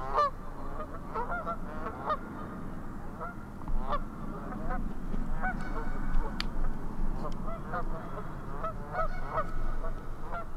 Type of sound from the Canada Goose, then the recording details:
call. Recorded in the wild. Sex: group. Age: diverse. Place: Langasjönas, Blekinge, SE. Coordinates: 56.2286, 14.8522. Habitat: lake. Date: 2006-08-04. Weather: clear, ca. 15°C, no wind. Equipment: Marantz PMD 660, Sennheiser ME 66, Windkorb. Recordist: Frommolt, Karl-Heinz